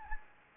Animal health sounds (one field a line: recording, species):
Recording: mosquito wingbeat signal from an infrared sensor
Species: Anopheles gambiae